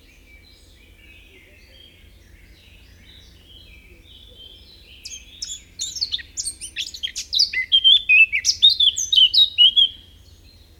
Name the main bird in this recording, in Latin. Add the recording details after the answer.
Sylvia atricapilla. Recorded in the wild. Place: Leszno, Großpolen, PL. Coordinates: 51.842, 16.594. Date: 1987-07-15. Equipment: Nagra III BH, Sennheiser MD 21, parabola. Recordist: Schubert, Michael. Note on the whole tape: Spontangesang Mönchsgrasmücke